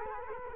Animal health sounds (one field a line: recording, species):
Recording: mosquito wingbeat signal from an infrared sensor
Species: Culex quinquefasciatus